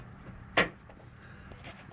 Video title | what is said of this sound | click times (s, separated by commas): Replacing hood shocks on a dodge ram 1500 | we are so that's locked into place and nice and firm | 0.6 s